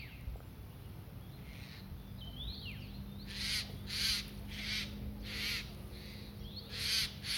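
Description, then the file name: Eurasian jay calls: several hoarse, tearing screeches in the second half, after a few thin slurred whistles, over a low background hum. "Garrulus glandarius"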